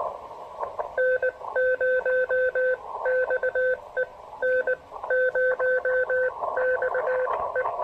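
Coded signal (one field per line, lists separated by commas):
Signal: Morse code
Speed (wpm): 20 wpm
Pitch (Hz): 510 Hz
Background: radio noise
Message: N0XE N0XE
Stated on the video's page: Rainy-day QRP Parks on the Air activation with a KX2 and an MC-750 antenna on a tripod, on 20 and 17 meters.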